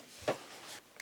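A plastic fan blade is handled at the motor hub of a Shark TurboBlade fan, with its red alignment marks lined up against the marks on the hub. There is a soft knock at 0.3 s and a faint sharp tick at 1.0 s over low background noise. The blade has not snapped onto the hub yet, so nothing has seated.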